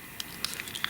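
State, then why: Partly seated. A stackable plastic ink container is pressed onto another ink container, with a few light taps and scrapes of plastic. A slight click is heard at 0.8 s, but the containers do not lock together.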